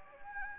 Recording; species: mosquito wingbeat signal from an infrared sensor; Anopheles gambiae